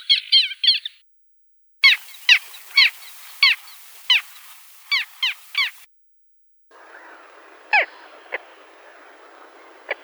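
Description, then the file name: Little gull calls: short squeaky notes repeated at about half-second intervals in separate bursts, then a few isolated calls over a faint background hiss. "CHajka malaja"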